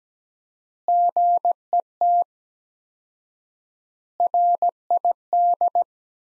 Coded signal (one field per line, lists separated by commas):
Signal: Morse code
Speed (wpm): 17 wpm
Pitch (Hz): 700 Hz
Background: none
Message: GET RID